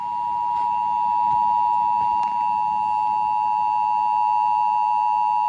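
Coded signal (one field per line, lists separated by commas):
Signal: Emergency Alert System (SAME) tones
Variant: 853 and 960 Hz attention tone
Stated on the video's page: Statewide CAP-originated AMBER Alert relayed on an FM broadcast station.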